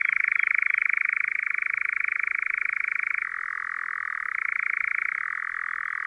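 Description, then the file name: European nightjar giving a steady, fast, dry churr that drops slightly in pitch midway, then rises back, continuous throughout. "LELEK KOZODOJ"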